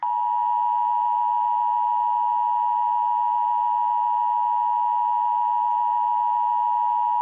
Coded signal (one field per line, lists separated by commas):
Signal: Emergency Alert System (SAME) tones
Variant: 853 and 960 Hz attention tone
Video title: EAS 527 HI RMT